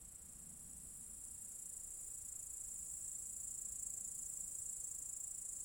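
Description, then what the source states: Cicadas singing a high continuous buzz that swells gradually louder over the first half and then stays steady. Several cicadas in an apple tree orchard at Zalensų Sodybos, Lithuania, on 23 August 2015.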